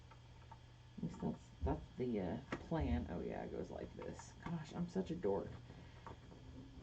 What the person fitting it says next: I expect it to click in, and it doesn't